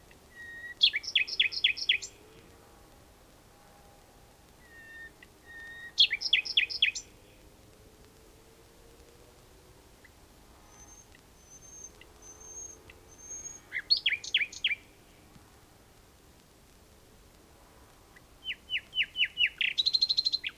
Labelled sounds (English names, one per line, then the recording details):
Common Nightingale song
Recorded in the wild
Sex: male
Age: adult
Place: Bielefeld-Jöllenbeck, Nordrhein-Westfalen, DE
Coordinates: 52.1, 8.51667
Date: 1968
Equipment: Uher 4000 Report-S, Bändchenmikro Beyer M 260, Parabolspiegel Polyester (470 mm)
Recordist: Conrads, Klaus
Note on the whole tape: Männchen: Gesang. Keine genaue Datumsangabe: Mai 1968. Technische Störung (Knistern)